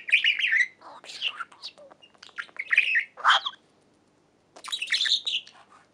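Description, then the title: Budgerigar chatter in short bursts of squeaky, scratchy notes with a brief pause near the middle, then more chirps. "Budgie Sounds"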